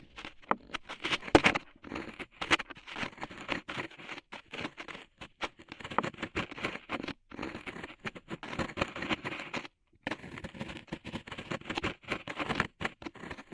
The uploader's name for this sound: Tingly Ear Cleaning Rhinestone & Clay Removal